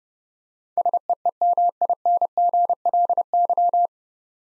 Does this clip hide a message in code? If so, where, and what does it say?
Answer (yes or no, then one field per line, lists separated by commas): yes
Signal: Morse code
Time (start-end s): 0.8-3.9 s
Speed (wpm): 32 wpm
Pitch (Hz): 700 Hz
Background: none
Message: SEEMINGLY